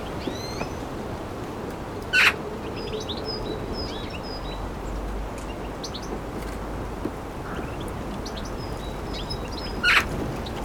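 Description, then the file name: Eurasian magpie giving two harsh, rasping single calls about eight seconds apart, over a steady background of many thin high chirps from small birds and low rumbling noise. "Pica pica"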